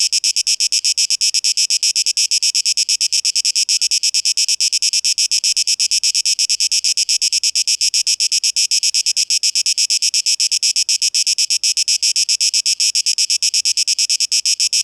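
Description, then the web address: Cicada song, a steady, piercing pulsed drone that continues unbroken for the whole stretch. Recorded 12 August 2023; tape-echo-processed mix. "rauschpartikel 2023-08-12 Zikaden"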